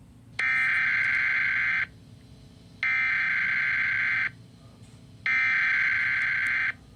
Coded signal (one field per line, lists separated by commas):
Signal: Emergency Alert System (SAME) tones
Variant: header bursts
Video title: REALChild Abduction Emergency,, State Of Texqw 8/24/2022 Emergency Alert System